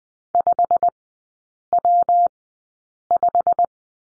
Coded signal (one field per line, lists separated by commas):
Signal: Morse code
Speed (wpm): 20 wpm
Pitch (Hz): 700 Hz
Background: none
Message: 5W5